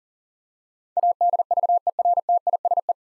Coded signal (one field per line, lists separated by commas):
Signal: Morse code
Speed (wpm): 44 wpm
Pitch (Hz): 700 Hz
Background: none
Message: ADVERTISE